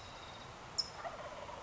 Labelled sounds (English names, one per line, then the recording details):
California Towhee
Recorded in Sonoma County, California